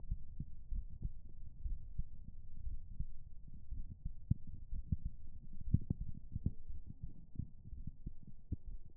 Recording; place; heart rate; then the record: heart sounds by stethoscope; pulmonary valve (PV); 64 bpm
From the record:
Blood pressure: 117/70 mmHg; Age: 34 years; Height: 171 cm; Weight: 84 kg